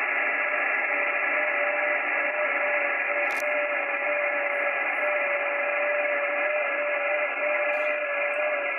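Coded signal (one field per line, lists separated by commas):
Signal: FT8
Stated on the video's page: FT8 signals heard on 50 MHz.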